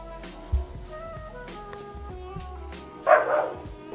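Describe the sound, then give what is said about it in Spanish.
A dog lets out a short, loud burst of barking toward the end of a radio broadcast of Los Originales on La FM Bogotá, rising sharply over a steady, faint tonal hum that runs through the whole recording. “Sonó el perro primero.”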